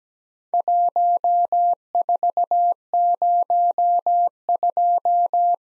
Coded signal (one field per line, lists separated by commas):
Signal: Morse code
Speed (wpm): 17 wpm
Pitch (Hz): 700 Hz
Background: none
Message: 1402